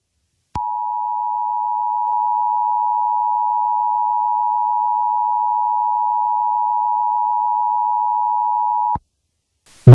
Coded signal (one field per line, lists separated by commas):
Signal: Emergency Alert System (SAME) tones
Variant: 853 and 960 Hz attention tone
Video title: EAS Scenario #9.5: Caillou Error